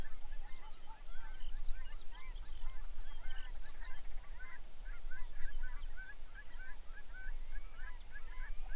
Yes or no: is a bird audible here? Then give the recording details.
yes. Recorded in the Arctic National Wildlife Refuge, Alaska, on 23 May 2019 at 06:01. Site 49